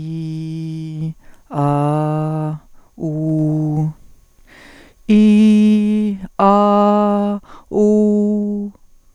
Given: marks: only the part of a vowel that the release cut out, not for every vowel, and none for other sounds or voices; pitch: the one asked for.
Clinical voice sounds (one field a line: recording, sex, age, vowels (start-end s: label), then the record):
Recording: sustained vowels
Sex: female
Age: 40 to 49 years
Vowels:
0.00-0.95 s: vowel /i/, normal pitch
1.63-2.48 s: vowel /a/, normal pitch
3.11-3.76 s: vowel /u/, normal pitch
5.15-5.76 s: vowel /i/, high pitch
6.56-7.17 s: vowel /a/, high pitch
7.90-8.47 s: vowel /u/, high pitch
From the record:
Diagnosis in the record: healthy voice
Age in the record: 47 years